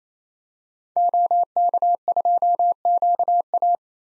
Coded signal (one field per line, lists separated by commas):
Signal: Morse code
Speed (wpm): 27 wpm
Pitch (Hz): 700 Hz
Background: none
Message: OK2QA